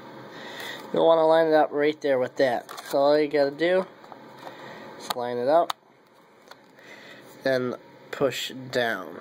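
Someone talks while a RAM module is lined up with the notch of the memory slot in a Dell Latitude D510 laptop, ready to be pushed down. Faint, brief handling sounds occur around 4.0–4.5 s and 6.5–6.8 s, but nothing has seated or clicked yet.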